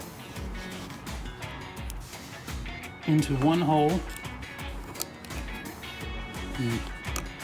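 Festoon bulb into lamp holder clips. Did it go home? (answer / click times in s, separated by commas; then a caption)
no / none. A small festoon bulb for the exterior lamps of a Porsche Boxster 986 is handled at its lamp holder, with its point set into a hole on one side before it is pressed down in the middle to snap into the metal clips. Someone talks over background music, with a few brief, sharp ticks. Nothing has seated or clicked yet.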